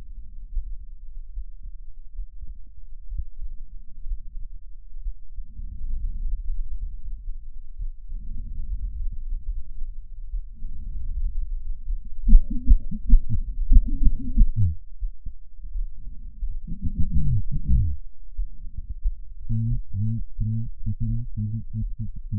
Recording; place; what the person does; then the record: lung sounds by stethoscope; right anterior apical chest; quiet breathing, then cough and speech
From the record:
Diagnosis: none (healthy); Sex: male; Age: 45 years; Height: 173 cm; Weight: 92 kg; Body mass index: 30.7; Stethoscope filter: bell mode